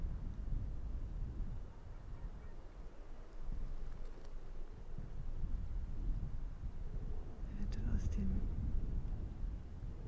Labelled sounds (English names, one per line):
Arctic Fox